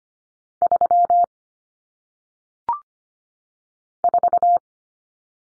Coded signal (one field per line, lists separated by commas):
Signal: Morse code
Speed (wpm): 25 wpm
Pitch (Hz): 700 Hz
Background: none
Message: 3 4